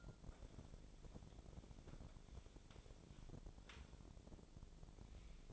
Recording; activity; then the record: daily activity, microphone in the room; wipe stove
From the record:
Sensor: 5